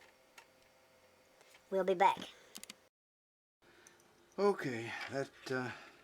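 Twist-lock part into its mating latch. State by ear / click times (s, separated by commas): not seated / none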